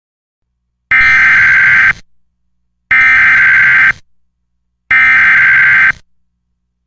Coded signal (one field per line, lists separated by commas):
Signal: Emergency Alert System (SAME) tones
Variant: header bursts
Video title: EAS Recreation #2: Special Marine Warning